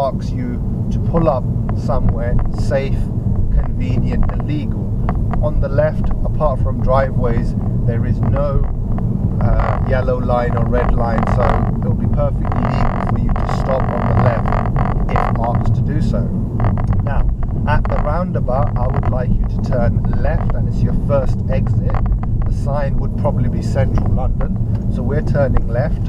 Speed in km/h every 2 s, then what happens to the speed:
34, 34, 35, 37, 37, 37, 39, 39, 37, 35, 34, 29, 21.
0-15 steady at about 37. 15-26 slows to 21.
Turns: none.